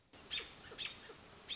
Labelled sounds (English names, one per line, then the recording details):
American Robin
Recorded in Sonoma County, California